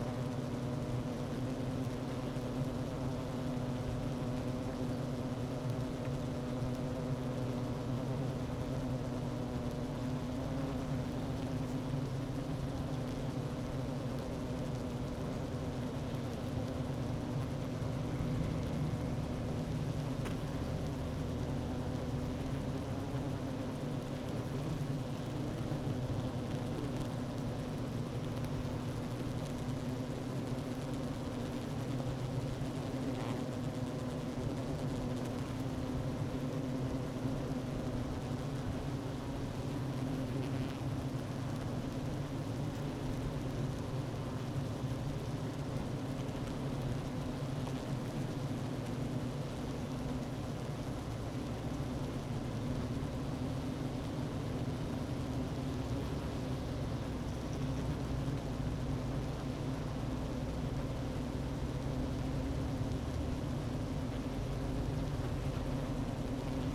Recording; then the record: honeybee colony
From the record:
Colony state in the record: active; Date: 12 June 2018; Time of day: 11:22